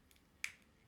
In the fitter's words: one of those four things never snap into place. So, three or four Hold tight here.